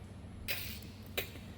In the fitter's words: you hear that click click that's very undistinguishable now